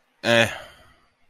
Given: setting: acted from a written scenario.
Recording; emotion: vocal sound without words; disappointment